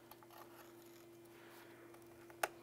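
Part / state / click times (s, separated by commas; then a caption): mass airflow sensor connector onto sensor / seated / 2.4 s. A plastic mass airflow sensor connector on a 2011–2019 Ford Fiesta is lined up and pressed onto the sensor. Faint small ticks and handling noises sit over a steady low hum until a sharp click at 2.4 s, showing the connector has seated.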